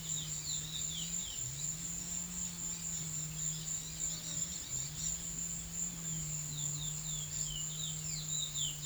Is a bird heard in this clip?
yes